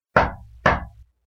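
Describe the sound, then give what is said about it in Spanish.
Pinocchio knocks on a door for the second time, harder this time: two heavy knocks spaced about half a second apart, each a loud dull thud with a short resonant decay, and no voices. “Por lo que Pinocho, que temblaba del frío, del miedo y del agua que lo empapaba, se resolvió a tocar por segunda vez, más fuerte esta vez.”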